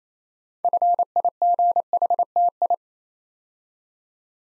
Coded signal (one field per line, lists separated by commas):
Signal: Morse code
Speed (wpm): 27 wpm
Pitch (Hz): 700 Hz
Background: none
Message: FIGHTI